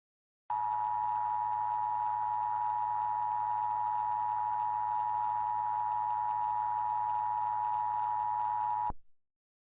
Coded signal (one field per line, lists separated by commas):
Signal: Emergency Alert System (SAME) tones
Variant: 853 and 960 Hz attention tone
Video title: EAS Scenario 2: The Moaning Virus